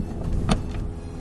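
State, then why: Seated. On a 2022 Porsche 718 Spyder, the first front latch of the manual soft top is pulled down onto the windshield frame header. A sharp snap at 0.5 s stands out over a steady low rumble as the latch locks in place, and the roof latch is seated.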